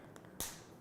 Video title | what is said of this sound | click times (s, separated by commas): Festive Digestive Inhaler | Did you hear that? You want to hear that snap when it goes in there. | 0.4 s